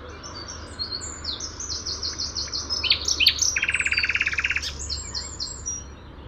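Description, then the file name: Common nightingale song: thin high whistles lead into a fast, dry, rattling trill of rapid identical notes, then further high phrases. "Luscinia megarhynchos"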